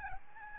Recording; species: mosquito wingbeat signal from an infrared sensor; Aedes albopictus